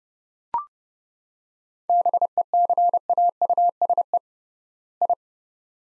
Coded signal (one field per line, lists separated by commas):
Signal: Morse code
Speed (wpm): 30 wpm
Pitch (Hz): 700 Hz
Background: none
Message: BECAUSE I